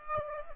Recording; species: mosquito wingbeat signal from an infrared sensor; Aedes aegypti